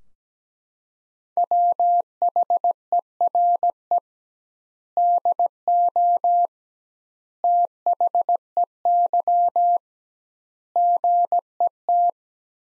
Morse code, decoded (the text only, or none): WHERE DO THEY GET